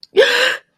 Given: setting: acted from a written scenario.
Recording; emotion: vocal sound without words; negative surprise